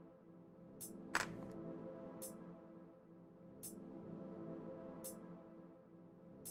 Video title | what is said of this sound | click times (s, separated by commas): PGU NU KOSMOS LED Install and maybe a new build start??! #bandai #modelkit #hobby #plamo #pgu | Almost snaps in place. | 1.2 s